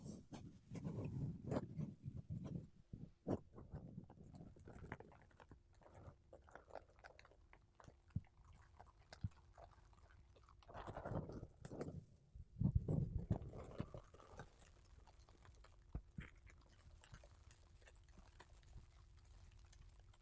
Mic Brushing Using Makeup Brushes and Sponge